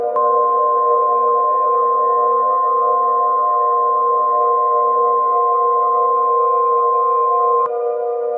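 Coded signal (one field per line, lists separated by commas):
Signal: Emergency Alert System (SAME) tones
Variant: 1050 Hz attention tone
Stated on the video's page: Mock EAS alert, not real.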